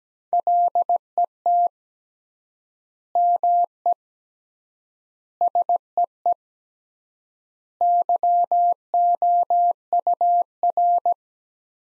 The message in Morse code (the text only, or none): LET ME SEE YOUR